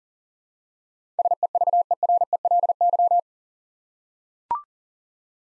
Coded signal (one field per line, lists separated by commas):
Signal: Morse code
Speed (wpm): 40 wpm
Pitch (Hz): 700 Hz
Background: none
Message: SEVERELY